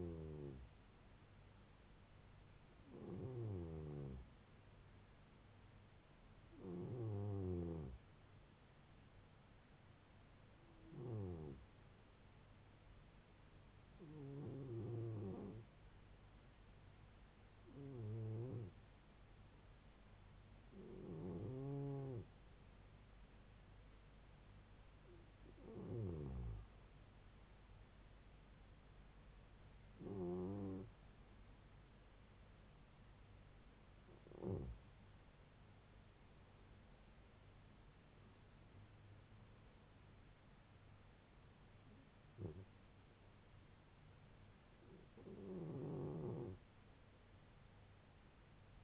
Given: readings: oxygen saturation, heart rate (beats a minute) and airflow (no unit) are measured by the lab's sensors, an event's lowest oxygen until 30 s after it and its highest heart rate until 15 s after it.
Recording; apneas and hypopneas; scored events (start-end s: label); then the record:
breathing in sleep by a voice recorder at the bedside; none
0.00-48.84 s: awake
From the record:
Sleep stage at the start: N1 (lightest sleep); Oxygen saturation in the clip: 93 to 95%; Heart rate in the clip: 71 to 76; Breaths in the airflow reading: 13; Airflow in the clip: -2.8 to 3.1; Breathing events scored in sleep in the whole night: 158 in 7.3 hours asleep